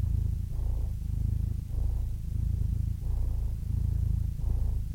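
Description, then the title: Domestic cat purr, deep and even, pulsing in steady in-and-out breath cycles. Compilation of domestic cats ranging from kittens to old cats. "The Ultimate Compilation of Adorable Cat Meows 🐱😺 #CatMeows #CuteKittens"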